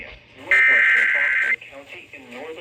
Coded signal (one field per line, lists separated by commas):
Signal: Emergency Alert System (SAME) tones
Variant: header bursts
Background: speech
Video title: End Of May Twisters/Storms: EAS Alerts From 5/30/25 (EAS #4462-4497)